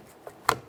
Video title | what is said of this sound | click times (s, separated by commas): How to Replace Rear Exterior Door Handles 2004-2008 Ford F-150 | Press it in, listen for a click. | 0.5 s